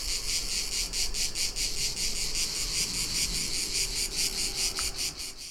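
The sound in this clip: Cicadas in a loud pulsing buzz, high and rasping, throbbing steadily without pause.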